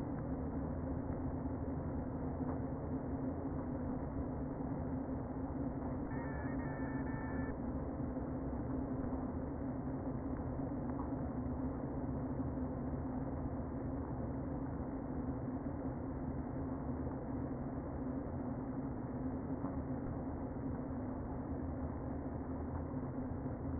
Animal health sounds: honeybee colony, microphone inside the hive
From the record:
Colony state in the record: queen present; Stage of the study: before two queens were removed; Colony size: about 60,000 bees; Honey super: yes

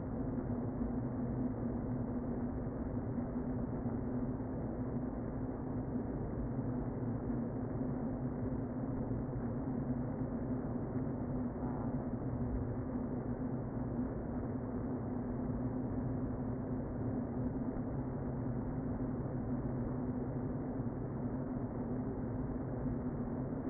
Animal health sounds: honeybee colony, microphone inside the hive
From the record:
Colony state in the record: queen present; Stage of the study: before two queens were removed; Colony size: about 60,000 bees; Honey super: yes

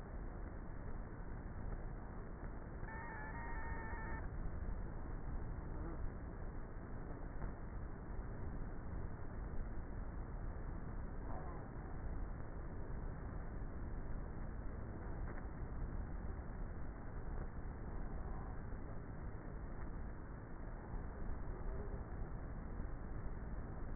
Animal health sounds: honeybee colony, microphone inside the hive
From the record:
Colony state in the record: queenless with a low population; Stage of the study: before two queens were removed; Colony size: about 30,000 bees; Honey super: no

